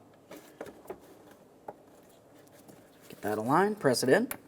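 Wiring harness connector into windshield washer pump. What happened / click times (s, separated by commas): Connector handled and lined up, not yet confirmed seated / none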